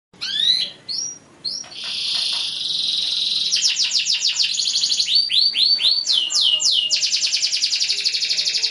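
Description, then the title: Belgian canary singing: a few sharp opening chirps, then a sustained buzzy note, followed by rapid rhythmic trills and rolling sweeps. Song used to warm up canaries and prompt them to start singing. "Canto Para Esquentar Canário Belga. LANGSUNG NYAUT. Pancingan suara kenari hitungan detik langsung ikut bunyi"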